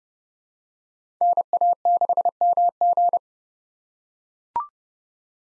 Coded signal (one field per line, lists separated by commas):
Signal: Morse code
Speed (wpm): 29 wpm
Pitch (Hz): 700 Hz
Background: none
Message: NA6MG